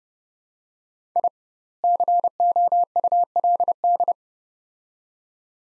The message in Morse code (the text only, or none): I COULD